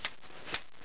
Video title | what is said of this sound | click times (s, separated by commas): HP 4200 Maintenance Kit installation.wmv | and then just push it down till it snaps in like that and just kind of | 0.0 s